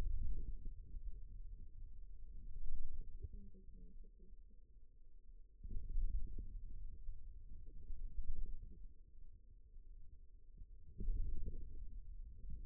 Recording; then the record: forearm muscle sounds (acoustic myography)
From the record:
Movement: wrist extension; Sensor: system 2, bracelet of six BSWA MPA416 microphones around the upper forearm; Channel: 4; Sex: male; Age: 22 years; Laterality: right